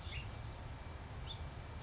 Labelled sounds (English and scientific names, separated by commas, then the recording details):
House Finch (Haemorhous mexicanus)
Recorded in Sonoma County, California